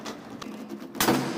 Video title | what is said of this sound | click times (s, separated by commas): PROBLÈME DE FUITE 🤯 DE LIQUIDE DE LAVE GLACE 👽 SEAT LEON TDI 150 1L9 (TUTO) PARTIE 2 | Et maintenant il faut tirer, c'est clipsé, il faut y aller fort. | 1.0 s